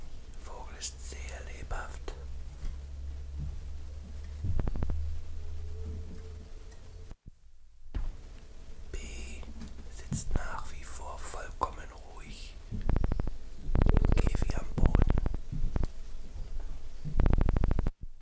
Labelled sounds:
Common Chiffchaff

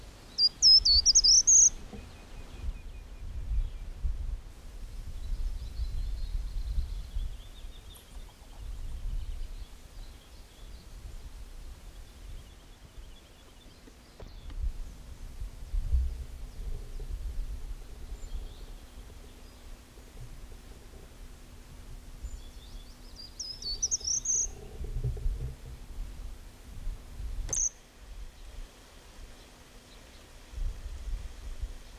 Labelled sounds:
Short-toed Treecreeper song

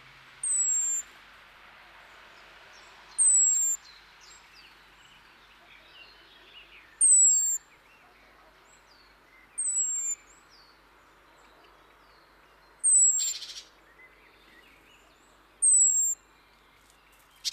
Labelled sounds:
European Robin call

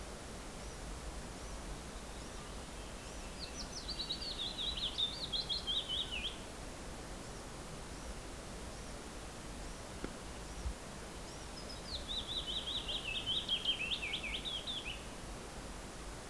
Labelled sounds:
Willow Warbler song

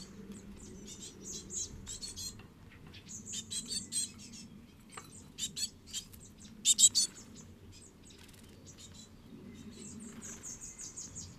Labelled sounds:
Common Blackbird call

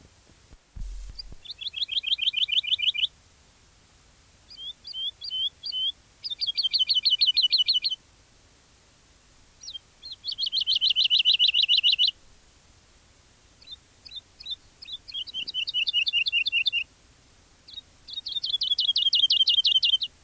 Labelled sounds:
Wood Lark

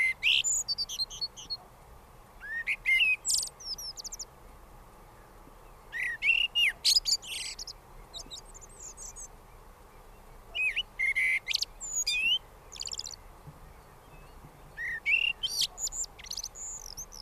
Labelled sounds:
Common Blackbird song

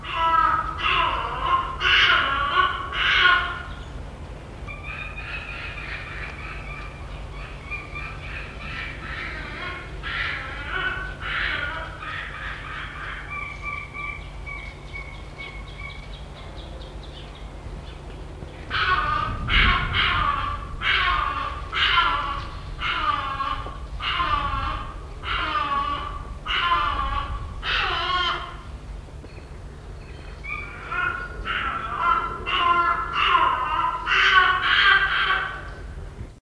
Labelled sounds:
Black-casqued Hornbill call

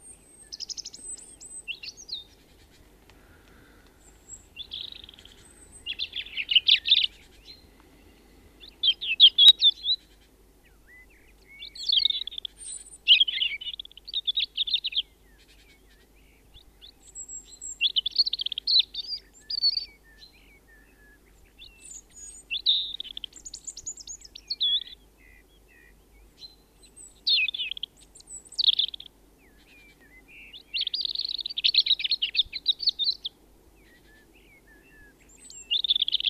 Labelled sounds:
European Robin song

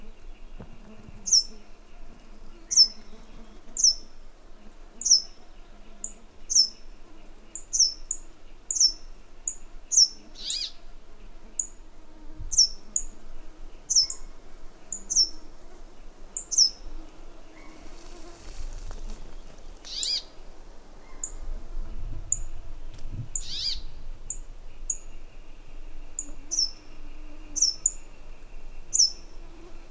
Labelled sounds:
Brambling

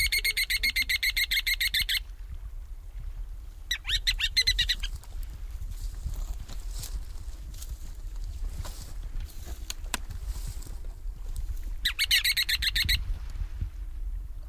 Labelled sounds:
Ruddy Turnstone call

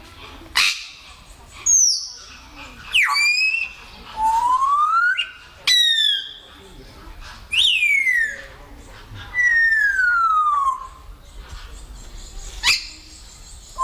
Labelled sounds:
Grey Parrot call

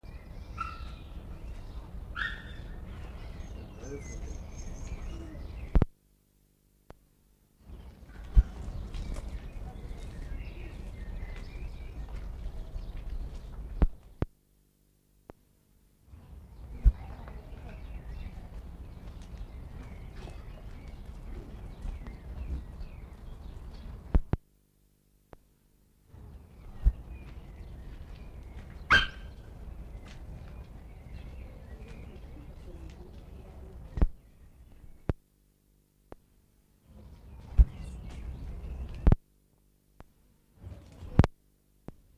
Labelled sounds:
African Golden Wolf defence call

